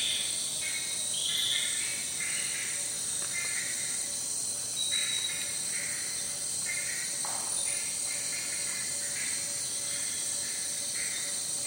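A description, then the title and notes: A dense, steady night chorus of insects in the jungle, with high shrill buzzing and repeated chirping calls pulsing every second or so. Night in the Amazon jungle. The sounds of the jungle.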